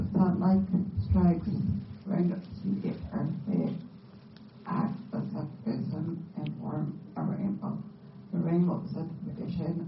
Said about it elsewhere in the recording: A person with a voice disorder. This person's voice is really broken and strained.